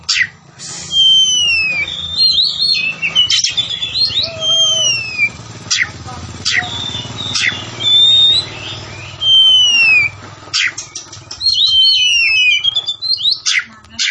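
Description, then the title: Oriental magpie-robin: songbird phrases of clear descending whistles and sharp chips over a steady hiss and low hum, with clicking bursts between phrases. Tretes; singing vigorously (gacor). "Kacer Tretes"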